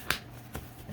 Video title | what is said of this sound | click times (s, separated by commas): 2008 Ram Driver Seat Repair - Part 2 - Seat Frame & Cushion Replacement | and we hear them kind of snap together | 0.1 s